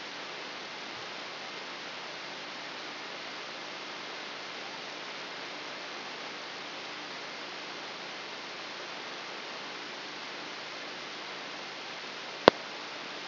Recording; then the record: brain microelectrode recording played as sound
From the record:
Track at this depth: outside the subthalamic nucleus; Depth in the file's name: 5.398 mm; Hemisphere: left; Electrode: 3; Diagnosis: Parkinson's disease